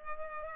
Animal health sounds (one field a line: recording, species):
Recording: mosquito wingbeat signal from an infrared sensor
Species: Culex pipiens